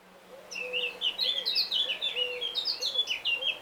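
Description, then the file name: Eurasian blackcap song: a continuous tumbling warble of quick, varied notes, with soft low whistled notes repeated beneath it. "Sylvia atricapilla"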